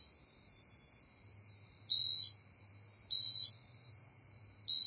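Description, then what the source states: Jumping bush cricket song with high, tonal chirps arriving about every second and a half, the first softer than the rest, with a faint low hum beneath. Insect song, North America.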